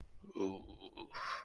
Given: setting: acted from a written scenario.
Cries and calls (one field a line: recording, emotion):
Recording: vocal sound without words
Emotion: distress